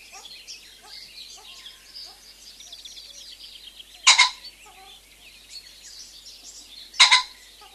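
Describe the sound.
Common pheasant crowing, two harsh double-noted bursts about three seconds apart, over steady chirping and twittering of small birds.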